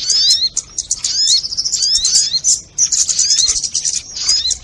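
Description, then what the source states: Crimson sunbird song with high, rapid chattering trills and thin whistled slurs in two bursts split by a short silence. Tutor song (masteran) in the 'labaik' style.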